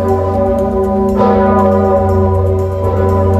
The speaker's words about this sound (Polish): Słynny dzwon uruchamiany jest ręcznie przez wawelskich dzwonników od XVI wieku.